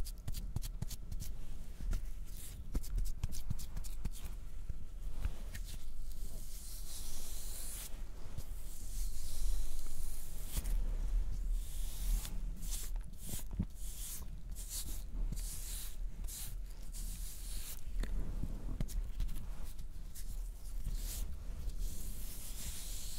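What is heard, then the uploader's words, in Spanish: Mouth sounds with some hand noises and honey: dense, continuous wet clicks, smacks and sticky crackles, with a low steady rumble underneath throughout. Sonidos de boca y algunos de manos y miel.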